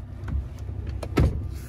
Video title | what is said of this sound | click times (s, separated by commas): 2022 GMC Yukon XL DENALI. | and then it clicks back in hold this | 1.2 s